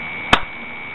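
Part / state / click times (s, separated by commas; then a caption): magazine coupler knob into its slot on the magazine / seated / 0.3 s. A magazine coupler clamp joins two airsoft rifle magazines, and its small knob slides into its slot on the magazine with a slight click at 0.3 s. The click is a single short, sharp snap, heard over a steady high-pitched tone. The knob seats in place.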